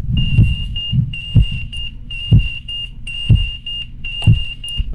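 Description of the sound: Hospital heart monitor beeping: a clinical, rhythmic, crisp, steady high tone near 3 kHz with regular low thumps about once per second (around 60 per minute).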